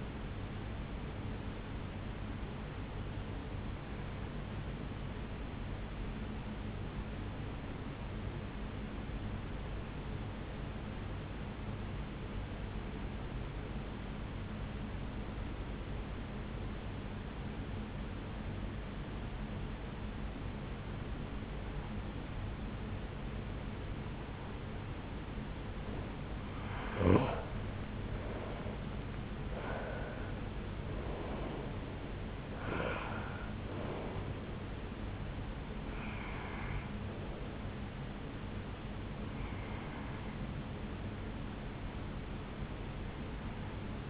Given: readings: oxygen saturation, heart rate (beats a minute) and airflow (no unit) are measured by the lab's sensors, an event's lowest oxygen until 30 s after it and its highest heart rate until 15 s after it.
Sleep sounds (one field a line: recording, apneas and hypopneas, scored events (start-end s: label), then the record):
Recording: breathing in sleep by a voice recorder at the bedside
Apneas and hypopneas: 1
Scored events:
5.00-25.10 s: obstructive apnea (N1, oxygen 96% highest, then 89% lowest, heart rate 59 at the start, 73 highest)
From the record:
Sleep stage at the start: N1 (lightest sleep)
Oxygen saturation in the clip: 89 to 96%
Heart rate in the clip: 58 to 73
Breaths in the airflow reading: 6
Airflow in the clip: -7.1 to 5.0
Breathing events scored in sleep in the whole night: 449 in 7.0 hours asleep